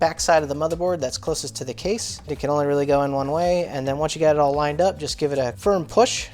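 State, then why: Not seated. An RX 560 graphics card is lined up by its gold pins with the PCIe slot of a Dell OptiPlex 3020 office PC motherboard, with its bracket tucked toward the back side of the board closest to the case, ready for a firm push. Someone talks throughout, and no distinct impact stands out. Nothing has seated or clicked yet.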